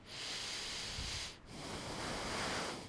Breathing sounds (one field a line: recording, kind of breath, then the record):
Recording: one breath in and out by a microphone near the nose and mouth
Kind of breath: deep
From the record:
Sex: male